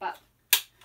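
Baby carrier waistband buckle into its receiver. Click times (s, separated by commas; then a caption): 0.5 s. Someone talks as a plastic waist buckle on a baby carrier's waistband is pushed home again into its receiver to make sure it is latched. A sharp, loud click at 0.5 s confirms the buckle has seated.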